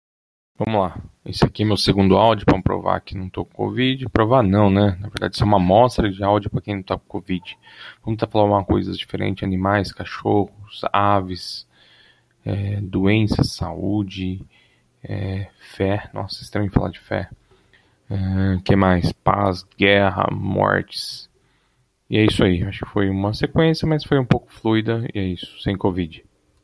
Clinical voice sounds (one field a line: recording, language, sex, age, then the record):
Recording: short text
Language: Brazilian Portuguese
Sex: male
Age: 30 to 39 years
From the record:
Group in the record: control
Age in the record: 32 years